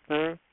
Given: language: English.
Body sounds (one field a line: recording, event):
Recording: throat vibration sensor signal played as sound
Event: speech